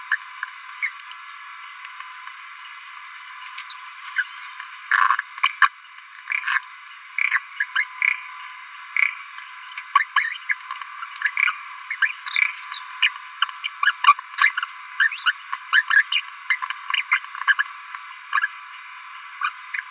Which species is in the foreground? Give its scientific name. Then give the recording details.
Forpus passerinus. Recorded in a nest box in Venezuela. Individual 18B17A3